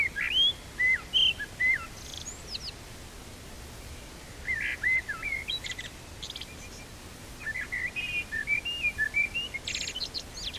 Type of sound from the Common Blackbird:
song